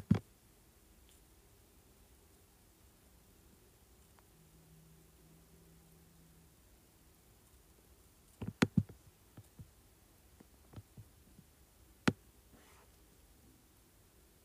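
Keyboard and mouse sounds: a sharp click at the very start, then a long quiet stretch with only a faint low hum and a brief soft tone around four to six seconds. From about eight seconds, a cluster of crisp clicks and taps arrives, ending with one sharp click near twelve seconds.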